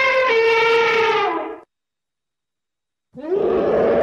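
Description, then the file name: Elephant trumpeting, a loud brassy tonal blast with rich harmonics, then a second rising trumpet after a short pause. "Tieng voi keu"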